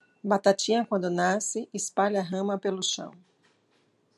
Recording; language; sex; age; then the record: short text; Brazilian Portuguese; female; 50 to 59 years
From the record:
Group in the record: control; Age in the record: 51 years